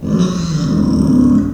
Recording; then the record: squeal of a Yucatan mini pig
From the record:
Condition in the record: after surgery on the right vocal fold (resection and tissue-engineered implant); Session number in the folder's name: 10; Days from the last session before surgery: 86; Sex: female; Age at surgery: 19 weeks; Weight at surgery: 25 kg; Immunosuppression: prednisolone